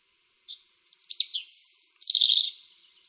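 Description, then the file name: European robin song phrase: a few soft opening notes, then a high sustained whistle sliding into a fast, shimmering trill. "Erithacus rubecula"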